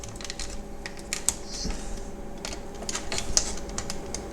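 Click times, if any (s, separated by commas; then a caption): 1.3 s, 3.4 s. The plastic latch clips of an instrument cluster housing from a VW T4 (2000) / Golf 4 / Bora are pressed into their mating housing with the same locking technique during reassembly after a display replacement repair. Over a steady low hum and soft handling rustle, sharp short clicks are heard at 1.3 s and 3.4 s as the clips engage, and the housing latches are seated.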